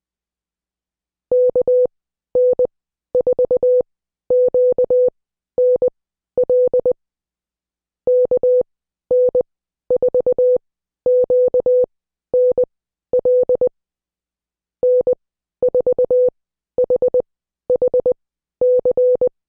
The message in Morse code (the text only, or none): KN4QNL KN4QNL N4HHC